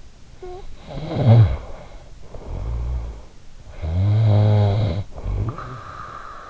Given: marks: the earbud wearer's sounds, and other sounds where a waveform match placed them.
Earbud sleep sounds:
sounds in sleep by an in-ear microphone; snoring breath
0.26-3.34 s: snoring breath
3.53-6.50 s: snoring breath

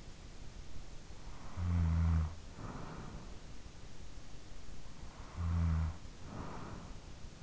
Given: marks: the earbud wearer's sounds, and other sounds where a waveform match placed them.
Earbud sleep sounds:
sounds in sleep by an in-ear microphone; snoring breath
0.85-4.03 s: snoring breath
4.96-7.42 s: snoring breath

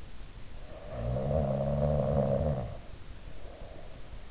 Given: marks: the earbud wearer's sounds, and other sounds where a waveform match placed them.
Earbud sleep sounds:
sounds in sleep by an in-ear microphone; snoring breath
0.48-4.26 s: snoring breath

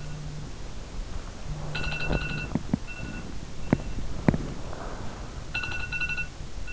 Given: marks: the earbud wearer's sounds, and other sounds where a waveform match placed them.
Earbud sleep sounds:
sounds in sleep by an in-ear microphone; body movement
0.00-5.73 s: body movement

